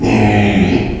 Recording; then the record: squeal of a Yucatan mini pig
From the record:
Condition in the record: after surgery on the right vocal fold (resection and tissue-engineered implant); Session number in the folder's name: 2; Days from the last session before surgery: 13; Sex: male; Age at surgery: 12 weeks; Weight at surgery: 13 kg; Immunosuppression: cyclosporine, prednisolone